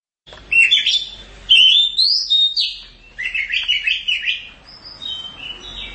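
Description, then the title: Oriental magpie-robin song, loud high whistled phrases with sliding notes, delivered in bursts separated by short pauses. Chirping song. "Kicau Kacer"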